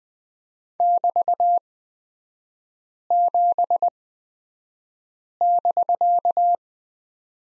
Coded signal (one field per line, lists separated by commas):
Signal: Morse code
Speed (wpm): 20 wpm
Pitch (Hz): 700 Hz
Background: none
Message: <BT>7<BK>